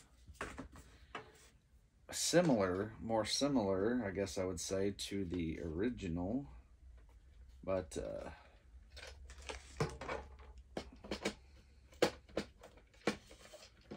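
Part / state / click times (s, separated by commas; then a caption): plastic part into a toy TIE fighter body / not seated / none. A plastic part is handled and fitted onto the body of a toy TIE fighter, with sharp little plastic clicks and taps around 0.4, 1.2, 9.8, 11.3, 12.0 and 13.1 seconds while someone talks in between. The part has not popped into place yet; nothing has seated by the end of the clip.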